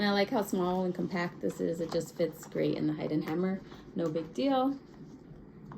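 Someone talks while handling a small, compact leather or fabric notions case that holds stitch markers and fits in a Hide and Hammer, with its snap fastener about to be closed. Nothing has snapped shut or seated yet by the end of the clip.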